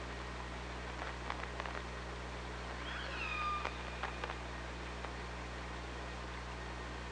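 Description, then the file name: Killer whale giving a single faint upswept call with a higher harmonic, amid scattered clicks over a steady low hydrophone hum. Recorded on an OrcaLab hydrophone on 24 August 2017. "Orca Lab 20170824"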